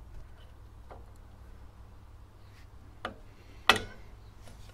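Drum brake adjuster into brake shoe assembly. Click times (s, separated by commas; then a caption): 3.7 s. A new rear drum brake adjuster is fitted into the brake shoe assembly on the first side of a Rover Metro. After a couple of faint ticks around 0.9 s and 3.1 s, a loud, sharp metallic snap at 3.7 s marks the adjuster seating in place.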